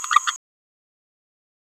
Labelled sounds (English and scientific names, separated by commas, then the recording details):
Green-rumped Parrotlet (Forpus passerinus) babbling
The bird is a female
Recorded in a nest box in Venezuela
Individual 17B31A3